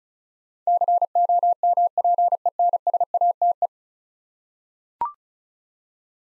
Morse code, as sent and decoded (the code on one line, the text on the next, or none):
-.-. --- -- .--. . -. ... .- - .
COMPENSATE